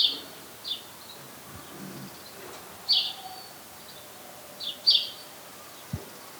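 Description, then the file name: House sparrow calls: short high chirps given singly and in pairs at irregular intervals, with quiet background noise and a faint low thump. "Passer domesticus"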